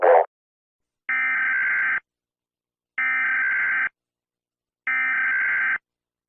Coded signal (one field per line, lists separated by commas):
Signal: Emergency Alert System (SAME) tones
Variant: header bursts